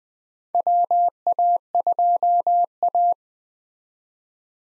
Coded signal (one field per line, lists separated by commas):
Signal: Morse code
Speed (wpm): 21 wpm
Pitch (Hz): 700 Hz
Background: none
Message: WA2A